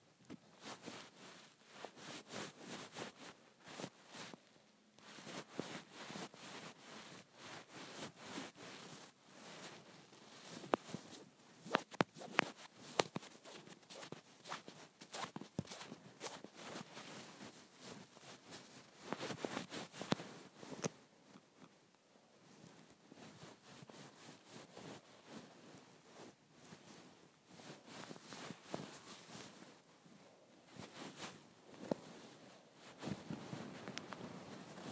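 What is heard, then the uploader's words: A comforter is folded and tossed about, making dense, soft rustling and swishing that comes in uneven bursts throughout. Sharper flaps and quick thumps stand out around the middle, with brief quieter pauses between handling, and the bursts pick up again near the end. ASMR Folding and Tossing my Comforter.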